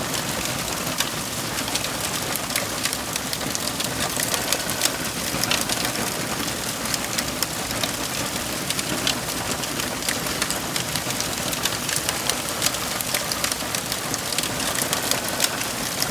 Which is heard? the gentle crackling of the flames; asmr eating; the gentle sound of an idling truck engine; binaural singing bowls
the gentle crackling of the flames